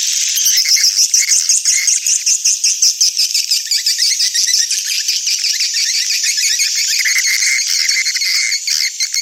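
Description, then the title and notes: Swiftlet twittering calls, a dense, continuous high chatter of rapid buzzy chirps in quick pulses, holding steady throughout. Swiftlet sound used in swiftlet farming in Asia. "Swiflet Bird Sound. Farming Swiflet Bird asia sound"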